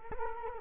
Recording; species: mosquito wingbeat signal from an infrared sensor; Culex quinquefasciatus